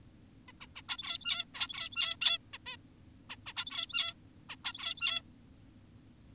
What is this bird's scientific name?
Taeniopygia guttata